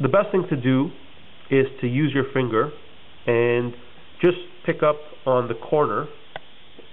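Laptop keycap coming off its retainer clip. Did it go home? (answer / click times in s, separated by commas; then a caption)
released / 6.4 s. Someone talks while using a finger to lift one corner of a laptop keycap, and at 6.4 s a small click is heard as the key pops loose from its plastic retainer clip.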